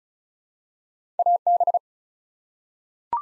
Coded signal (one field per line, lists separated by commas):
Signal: Morse code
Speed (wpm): 36 wpm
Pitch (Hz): 700 Hz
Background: none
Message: AB